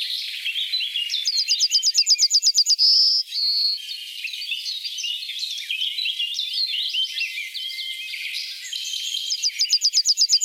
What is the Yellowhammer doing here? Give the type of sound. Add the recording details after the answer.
song. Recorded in the wild. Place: Merdingen bis Ihringen / Kaiserstuhl, Baden-Württemberg, DE. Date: 1987-05-03. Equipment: Alparon-Reflektor. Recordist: Schwarz, Dieter